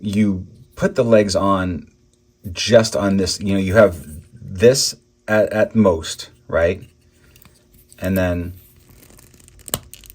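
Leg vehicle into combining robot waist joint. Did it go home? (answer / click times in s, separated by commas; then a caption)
yes / 9.7 s. A plastic leg vehicle is pushed firmly onto the waist joint of an Action Toys Mini Action Voltron Vehicle Force die-cast/plastic combining robot body while someone talks. Small scrapes and clicks build up near the end, and the leg snaps into place with a sharp, solid click at 9.7 seconds. The leg ends up seated, more or less flush with the waist piece.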